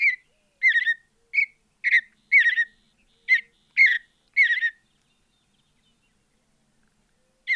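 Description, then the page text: Mountain bluebird singing a steady string of about eight brief husky, slurred warbles, roughly two per second, followed by a pause and one final note. "Andrew Spencer - Голубая сиалия (Sialia currucoides)"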